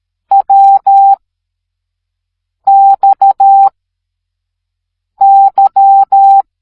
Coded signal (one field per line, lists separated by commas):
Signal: Morse code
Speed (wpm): 13 wpm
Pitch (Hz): 790 Hz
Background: none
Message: W X Y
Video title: Morse code #facts #article #morse #code #radio #signal #telegraph #fypシ #shorts